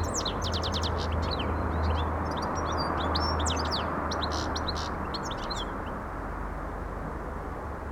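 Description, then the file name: European goldfinch song: rapid tinkling and twittering notes in quick bursts for about six seconds, over a loud steady low rumble. "Carduelis carduelis"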